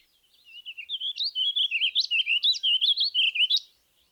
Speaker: Listen to the warbling vireo's evenly measured tempo.